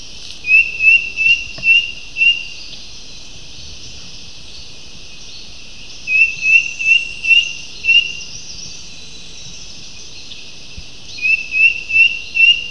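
Bird chirping in three bursts of four or five short high notes each, the bursts several seconds apart, against a constant high-pitched hiss.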